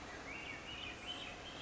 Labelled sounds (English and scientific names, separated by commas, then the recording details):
Swainson's Thrush (Catharus ustulatus)
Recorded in Sonoma County, California